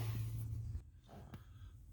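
A plastic wire-tap splice connector is crimped onto the knock sensor wiring of a 2001 Lexus RX300: its metal slot is pressed down and its plastic lid is closed. A low hum fills the first 0.8 seconds, then the sound drops quieter until a single sharp click at 1.3 seconds as the lid snaps into place. The connector is seated and installed.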